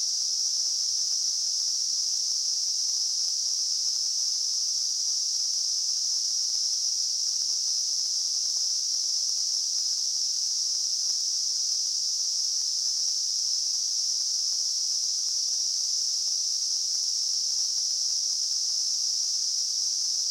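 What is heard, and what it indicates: A steady, unbroken high-pitched hiss, a narrow band of noise at a very high pitch, holds unchanged for about 20 seconds with no pauses or rhythm. It is a simulation of tinnitus, the constant ringing or hissing some people hear without any outside sound.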